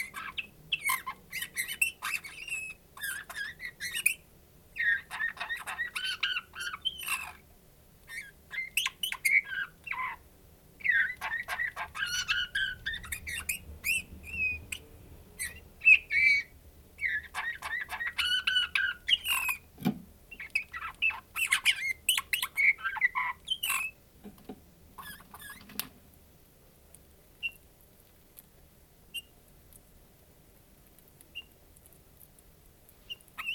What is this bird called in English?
Eurasian Bullfinch